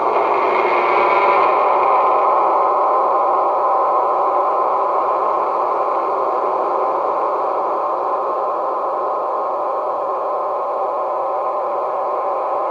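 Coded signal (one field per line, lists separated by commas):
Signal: numbers station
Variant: HM01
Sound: steady dense digital hiss-like data signal throughout, no spoken numbers heard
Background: radio static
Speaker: number station hmo1 hybrid station call up in Spanish and then into digital mode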